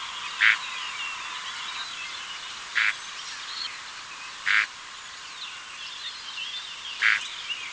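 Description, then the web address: Woodchat shrike giving four short, harsh, grating calls at irregular intervals over a steady broad hiss. "lanius senator call"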